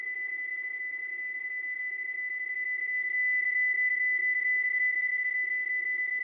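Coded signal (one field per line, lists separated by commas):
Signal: PSK31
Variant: BPSK31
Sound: steady warbling tone near 2 kHz with soft hiss underneath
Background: radio static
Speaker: the first mode will be psk31 more precisely the mode is B psk31 for binary phase shift King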